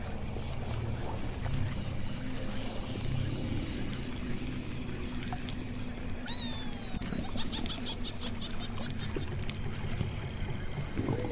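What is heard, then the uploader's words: Swamp ambience with a steady low engine-like rumble throughout, a sweeping bird call near six seconds, then rapid repeated chirps. Witch's swamp house asmr Ambience. Swamp ambience.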